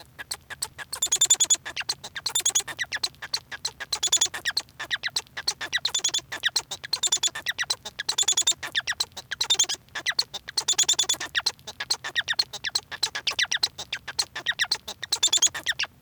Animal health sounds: song of a male Bengalese finch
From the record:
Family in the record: son of father 1

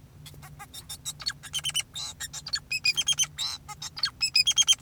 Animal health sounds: song of a male Bengalese finch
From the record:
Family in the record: son of father 2, and himself father 4

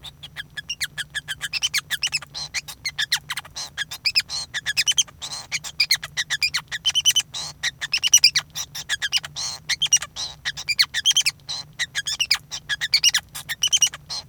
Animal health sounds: song of a male Bengalese finch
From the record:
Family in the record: son of father 5

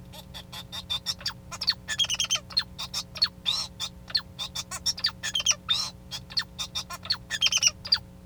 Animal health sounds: song of a male Bengalese finch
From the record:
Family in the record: son of father 2

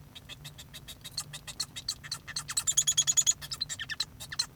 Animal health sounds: song of a male Bengalese finch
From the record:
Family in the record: son of father 1

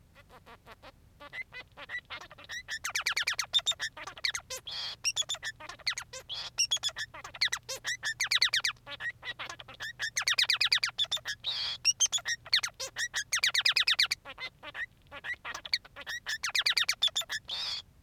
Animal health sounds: song of a male Bengalese finch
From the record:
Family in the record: son of father 3

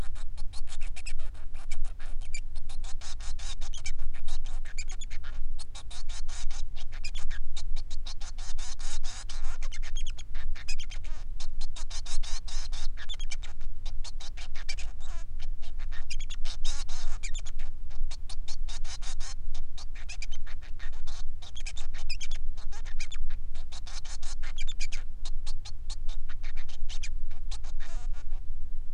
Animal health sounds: song of a male Bengalese finch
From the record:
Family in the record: son of father 3

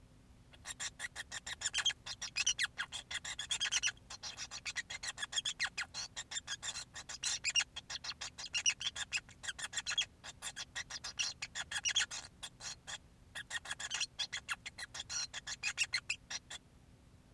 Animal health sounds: song of a male Bengalese finch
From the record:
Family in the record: son of father 5

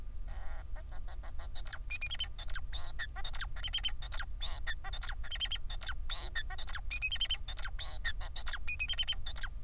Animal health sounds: song of a male Bengalese finch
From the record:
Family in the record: son of father 4

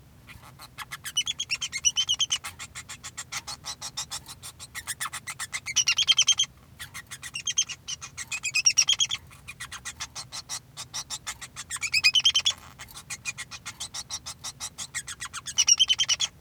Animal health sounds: song of a male Bengalese finch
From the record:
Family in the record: son of father 2

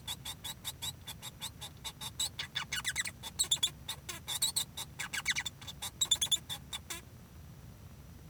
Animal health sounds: song of a male Bengalese finch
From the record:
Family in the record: son of father 1

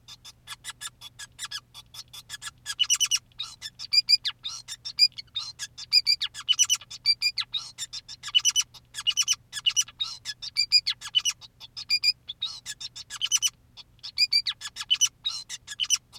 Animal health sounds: song of a male Bengalese finch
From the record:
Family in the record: son of father 2, and himself father 5

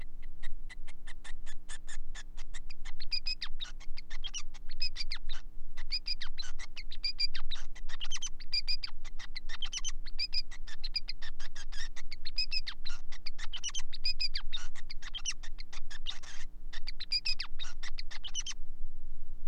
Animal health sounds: song of a male Bengalese finch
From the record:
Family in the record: son of father 5

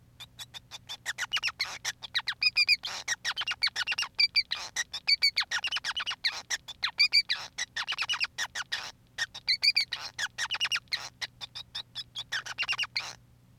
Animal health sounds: song of a male Bengalese finch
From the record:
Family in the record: son of father 5

